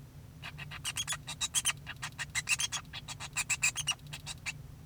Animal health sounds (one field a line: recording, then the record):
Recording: song of a male Bengalese finch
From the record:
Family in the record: son of father 2